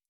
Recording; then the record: hydrophone in a shrimp aquaculture tank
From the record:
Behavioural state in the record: stressed